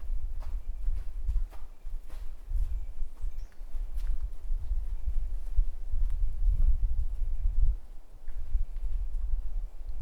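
Natural sounds along a walking path. A steady low rumble, like wind, fills the whole stretch and swells around six to eight seconds before briefly easing. Light scattered taps and clicks, possibly footsteps, come at irregular intervals throughout.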